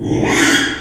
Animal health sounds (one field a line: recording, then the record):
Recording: squeal of a Yucatan mini pig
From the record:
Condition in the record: after surgery on the right vocal fold (resection and tissue-engineered implant)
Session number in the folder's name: 3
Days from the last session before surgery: 33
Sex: male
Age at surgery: 12 weeks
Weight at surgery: 13 kg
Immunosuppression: cyclosporine, prednisolone